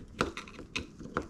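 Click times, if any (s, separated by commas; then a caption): none. A steel C-clip (circlip) that retains the piston of a 2007 Honda CBR600RR rear brake master cylinder is pressed down with a screwdriver into the bore toward its groove. Short, sharp metallic ticks and scrapes sound at about 0.2, 0.4, 0.8 and 1.2 seconds as the clip is worked. Nothing has seated or snapped into the groove yet.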